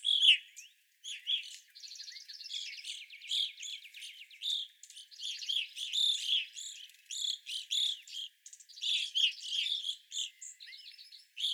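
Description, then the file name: Evening grosbeaks calling in a flock, a busy mix of ringing chirps and buzzy, rattling trills overlapping throughout. Several evening grosbeaks, recorded 25 April 2021. "2021-04-25 Evening Grosbeaks"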